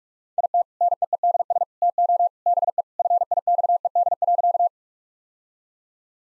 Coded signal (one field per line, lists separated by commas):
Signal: Morse code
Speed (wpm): 46 wpm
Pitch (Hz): 700 Hz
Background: none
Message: IT NEEDS TO BE FIXED.